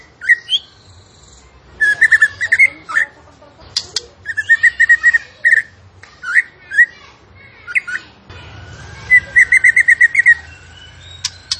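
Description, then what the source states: Bird song with repeated rapid trilled phrases, interspersed sharp chips and short breaks, ending in a steady run of quick notes. Masteran (training recording for cage birds) of a bird singing gacor (actively, energetically) with tembakan-style song.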